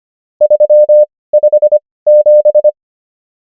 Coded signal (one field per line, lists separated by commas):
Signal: Morse code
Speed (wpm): 25 wpm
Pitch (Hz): 600 Hz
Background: none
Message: 357